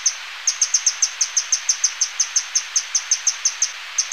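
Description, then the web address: Brown Inca calling with quick, high, sharp chips, several per second, over a thin steady high-pitched tone. Ecuador. "Birds of Ecuador. Brown Inca"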